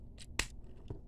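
The second plastic arm of a Transformers Legacy Velocitron Leader Class RID2000 Scourge transforming action figure is pushed into position at its joint. A sharp, bright plastic click sounds at 0.4 s, with softer handling rustles around 0.2 s and 0.9 s. The arm clicks into place and is seated.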